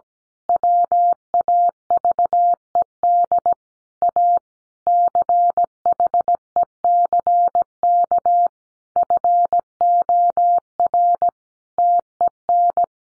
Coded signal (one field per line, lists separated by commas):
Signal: Morse code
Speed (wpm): 17 wpm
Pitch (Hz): 700 Hz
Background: none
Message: WAVED A CHECK FOR TEN